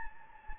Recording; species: mosquito wingbeat signal from an infrared sensor; Anopheles gambiae